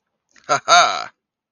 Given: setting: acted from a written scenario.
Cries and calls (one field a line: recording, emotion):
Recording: vocal sound without words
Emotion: triumph